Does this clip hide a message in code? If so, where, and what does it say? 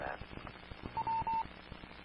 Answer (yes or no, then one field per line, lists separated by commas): no